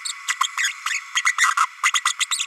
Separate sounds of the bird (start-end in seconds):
0.05-0.12, 0.27-0.34, 0.43-0.48, 0.57-0.73, 0.85-1.01, 1.15-1.22, 1.25-1.32, 1.38-1.54, 1.57-1.66, 1.83-1.91, 1.94-2.01, 2.05-2.13, 2.19-2.26, 2.31-2.46